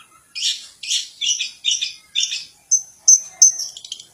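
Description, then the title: Long-tailed shrike song: several harsh rasping notes in quick succession, then shifting to thinner, higher squeaky notes. "Cendet"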